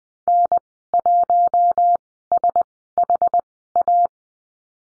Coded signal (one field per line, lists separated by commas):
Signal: Morse code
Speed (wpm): 20 wpm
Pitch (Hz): 700 Hz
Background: none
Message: N1SHA